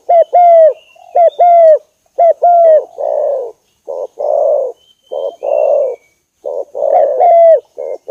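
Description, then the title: Bird giving short, rounded cooing notes with a bent, falling tail, repeated in quick pairs, then several harsh, noisy bursts with one more cooing note near the end. Used for training songbirds. "Master Burung Jos"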